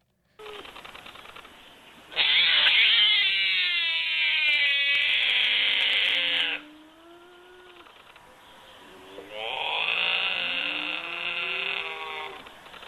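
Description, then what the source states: Binturong vocalization: drawn-out, wavering harmonic wails in two long bouts, separated by quieter moaning tones. Played recording; binturongs make a variety of vocalizations, from chuckles to growls, to communicate; described as sounding weird and creepy.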